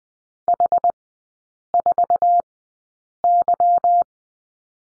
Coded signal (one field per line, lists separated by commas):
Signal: Morse code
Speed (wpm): 20 wpm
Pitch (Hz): 700 Hz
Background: none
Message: H4Y